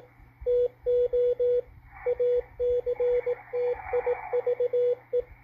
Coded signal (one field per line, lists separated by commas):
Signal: Morse code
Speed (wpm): 18 wpm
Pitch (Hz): 490 Hz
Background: radio noise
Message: TO ACTIVE